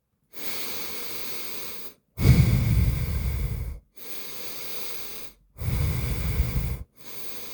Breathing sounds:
nose breathing near a microphone
0.00-1.85 s: inhalation
1.85-3.65 s: exhalation
3.65-5.30 s: inhalation
5.30-6.80 s: exhalation
6.80-7.54 s: inhalation
From the record:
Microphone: phone

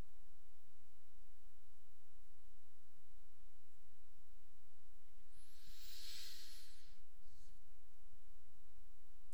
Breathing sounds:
nose breathing near a microphone
5.11-7.41 s: inhalation
From the record:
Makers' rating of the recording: medium

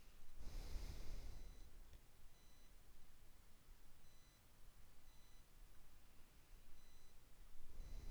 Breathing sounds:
nose breathing near a microphone
0.00-0.28 s: inhalation
0.28-1.97 s: exhalation
5.73-7.45 s: inhalation
7.45-8.11 s: exhalation
From the record:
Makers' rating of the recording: medium

